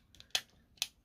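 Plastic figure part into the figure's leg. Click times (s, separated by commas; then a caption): 0.4 s. A folded plastic part of a transforming toy figure is pushed into a spot inside the figure's leg and clicks in at 0.4 s, with a second sharp click at 0.8 s. The part is seated in the leg.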